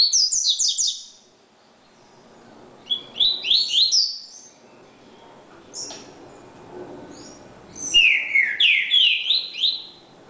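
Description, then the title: Double-collared seedeater song made of fast, high, twittering phrases repeated in several bursts, with brighter, lower-pitched sweeping notes in the final phrase. "Canto Coleiro"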